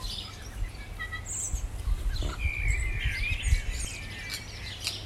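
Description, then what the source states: Birds twittering and whistling, a warbled run of notes in the middle among scattered chirps, with low rumbling noise beneath. Morning birdsong.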